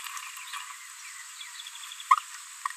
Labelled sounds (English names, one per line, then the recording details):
Green-rumped Parrotlet babbling
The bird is a female
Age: 26 days
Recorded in a nest box in Venezuela
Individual 17B73B3